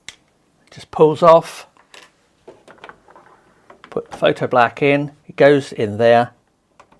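A plastic photo black pigment ink cartridge is handled and brought to its slot in the carriage of a Canon PRO-310 inkjet printer while someone talks, with a few short taps and ticks of handling between the words. The clip ends before the cartridge goes home, so nothing has clicked into place yet.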